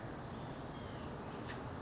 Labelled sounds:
White-breasted Nuthatch
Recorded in Sonoma County, California

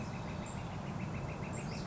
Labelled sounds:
Northern Flicker
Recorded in Sonoma County, California

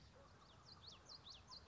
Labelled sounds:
Common Yellowthroat
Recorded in Sonoma County, California

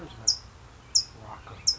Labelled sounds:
California Towhee
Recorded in Sonoma County, California

